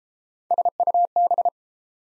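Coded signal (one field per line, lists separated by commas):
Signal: Morse code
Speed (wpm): 29 wpm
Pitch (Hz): 700 Hz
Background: none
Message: SUB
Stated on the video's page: Morse drill of prefixes and suffixes in speed-racing format, starting at 1.5 times 22 wpm and slowing to 22 wpm; final repeat at maximum speed.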